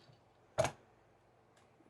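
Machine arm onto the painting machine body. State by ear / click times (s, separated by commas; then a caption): seated / 0.6 s. The arm of a LOKLIK iPaint painting machine is clipped onto the machine body, giving one sharp, bright tick at 0.6 s against a quiet background, followed only by a faint high tick around 1.6 s. The arm seats and clips on.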